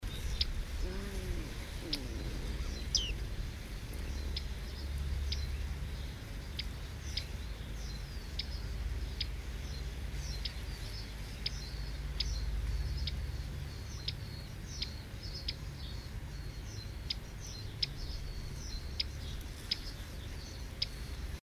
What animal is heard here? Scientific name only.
Panurus biarmicus